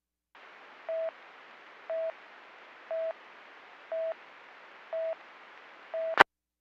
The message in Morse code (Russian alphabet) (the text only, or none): none